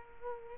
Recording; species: mosquito wingbeat signal from an infrared sensor; Culex quinquefasciatus